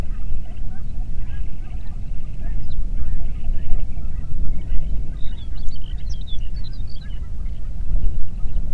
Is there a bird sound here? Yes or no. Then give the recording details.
yes. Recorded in the Prudhoe Bay oil fields, Alaska, on 8 June 2019 at 04:23. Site 30